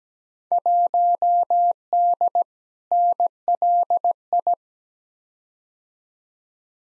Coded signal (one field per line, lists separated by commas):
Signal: Morse code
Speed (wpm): 17 wpm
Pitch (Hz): 700 Hz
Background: none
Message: 1D NLI